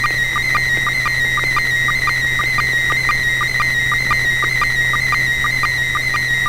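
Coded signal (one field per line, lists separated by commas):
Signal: SSTV (slow-scan television)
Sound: steady warbling high tone with regular quick low blips, like a chirping scan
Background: low hum, radio hiss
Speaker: all right so bob if you're ready with a photo would you go right ahead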